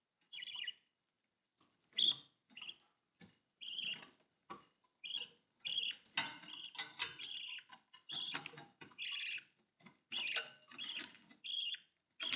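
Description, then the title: Budgerigar chatter, irregular chirps and clicks mixed with scratchy warbling notes, busy throughout with short gaps. "Budgie Sounds"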